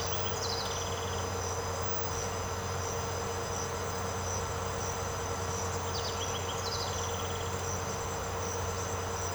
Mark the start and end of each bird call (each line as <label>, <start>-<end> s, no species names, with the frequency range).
bird call (2.4-6.0 kHz), 0.00-1.22 s
bird call (1.8-5.9 kHz), 5.79-7.67 s